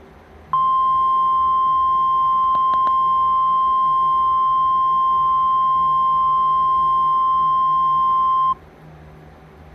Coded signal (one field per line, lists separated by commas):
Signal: Emergency Alert System (SAME) tones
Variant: 1050 Hz attention tone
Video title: EAS - SLENDERMAN alert